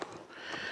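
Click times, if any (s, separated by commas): 0.0 s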